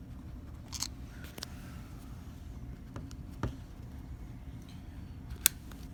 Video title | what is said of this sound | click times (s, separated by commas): Nikon Z7 unboxing | we go can clicked into place all | 5.5 s